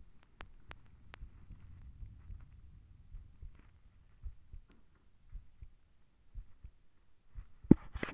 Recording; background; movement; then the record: deep breathing; quiet; sitting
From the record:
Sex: male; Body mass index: 20.5 kg/m2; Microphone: on the chest, facing the body